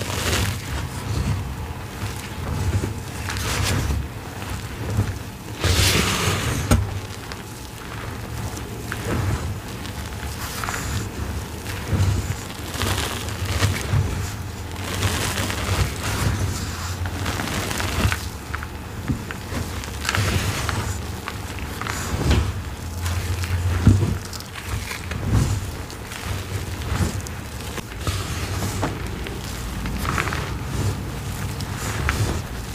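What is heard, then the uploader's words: Hands knead and squish wet chalk paste in uneven crackly bursts, with sharp crunches near 6, 15 and 24 seconds over a low steady hum. Reforming my Black Hydrophobic Mixes + Black Cornstarch Crunchies.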